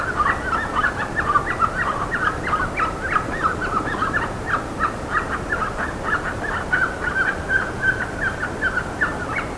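Bird calls, dense squawks and chatters running throughout with no break.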